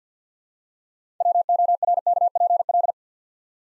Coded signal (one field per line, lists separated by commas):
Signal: Morse code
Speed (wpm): 48 wpm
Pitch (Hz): 700 Hz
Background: none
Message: WORKPL